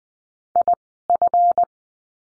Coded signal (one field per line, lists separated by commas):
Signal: Morse code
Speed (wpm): 20 wpm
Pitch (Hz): 700 Hz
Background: none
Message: IF